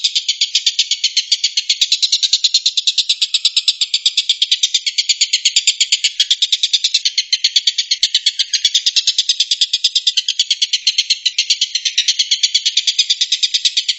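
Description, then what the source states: Stork-billed kingfisher giving a sustained buzzy rattle of fast pulses, continuing for about fourteen seconds. Tengkek buto giving the "tembakan" (shooting) call style.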